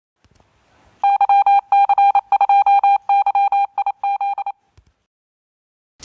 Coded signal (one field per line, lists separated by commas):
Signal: Morse code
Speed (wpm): 27 wpm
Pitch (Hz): 800 Hz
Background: none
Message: YC2YIZ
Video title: Mobile antenna 20m band homebrew by YC2YIZ